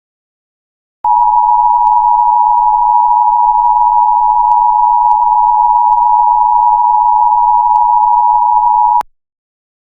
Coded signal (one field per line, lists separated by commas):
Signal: Emergency Alert System (SAME) tones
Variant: 853 and 960 Hz attention tone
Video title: EAS Mock Scenario: Ninja Invasion